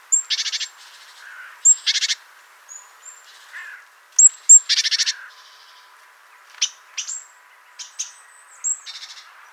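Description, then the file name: Great tit giving harsh, rattling churr phrases, each led by a high thin note, then a run of scattered sharp high notes and short calls. "Parus major"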